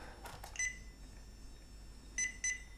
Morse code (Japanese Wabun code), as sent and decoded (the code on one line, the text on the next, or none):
none